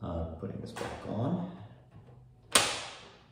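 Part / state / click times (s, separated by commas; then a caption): front IO panel onto PC case / seated / 2.6 s. The front IO panel of a small PC case is pushed back onto the case while someone talks briefly. It snaps into place with one sharp, loud snap at 2.6 s, and the panel is seated.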